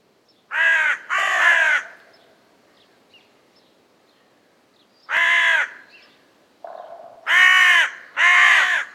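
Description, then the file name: Carrion crow with paired harsh caws: two at the start, a single caw midway, then a softer note and two more loud rasping caws. "Corvus corone"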